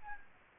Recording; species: mosquito wingbeat signal from an infrared sensor; Aedes albopictus